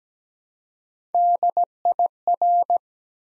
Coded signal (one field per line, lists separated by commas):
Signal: Morse code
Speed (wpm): 17 wpm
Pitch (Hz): 700 Hz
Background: none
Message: DIR